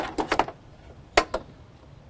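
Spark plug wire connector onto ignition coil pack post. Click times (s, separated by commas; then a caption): 1.2 s. The second spark plug wire's rubber-booted connector on an Mk4 Golf is pushed onto its post on the ignition coil pack. A few quick handling knocks at about 0.2 to 0.4 s lead into a sharp, loud click at 1.2 s, followed by a softer tick at 1.3 s. The connector is seated.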